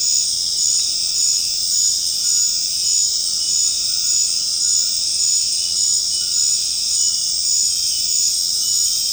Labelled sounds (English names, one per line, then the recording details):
none
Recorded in secondary vegetation near Puerto Asís, Putumayo, Colombia, on 19 March 2025 at 19:30
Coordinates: 0.502, -76.326
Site G100